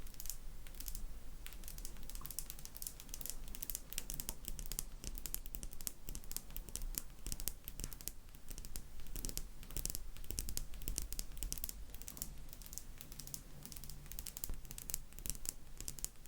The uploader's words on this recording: ASMRMystic 7 Tapping.